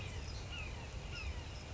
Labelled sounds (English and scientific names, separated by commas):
Red-shouldered Hawk (Buteo lineatus)